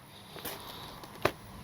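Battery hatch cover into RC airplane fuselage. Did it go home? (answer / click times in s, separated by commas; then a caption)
yes / 1.3 s. After the flight, a removable battery hatch cover is lined up on the foam P-47 Thunderbolt RC warbird's fuselage and pressed home. Faint handling rustles lead up to a single sharp little pop at 1.3 seconds as the hatch snaps back into place, seated.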